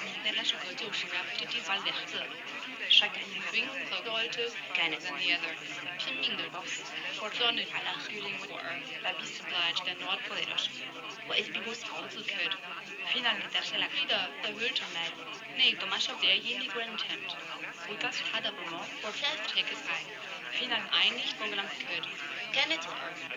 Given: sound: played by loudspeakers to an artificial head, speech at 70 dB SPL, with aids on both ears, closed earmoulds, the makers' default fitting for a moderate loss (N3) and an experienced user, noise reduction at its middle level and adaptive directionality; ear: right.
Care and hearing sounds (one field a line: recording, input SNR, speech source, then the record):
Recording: speech test signal (ISTS) in cocktail-party noise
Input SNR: 0 dB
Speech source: in front (0 degrees)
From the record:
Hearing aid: class 1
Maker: G